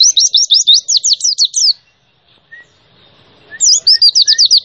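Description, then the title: White-eye song in quick, high-pitched trills of slurred chirps, a pause of nearly two seconds, then another fast run begins. Song of a 2021 champion bird, used to train other birds. "Pleci Gacor. Masteran Pleci Nembak Juara 2021"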